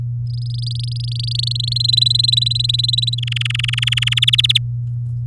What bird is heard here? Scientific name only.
Serinus canaria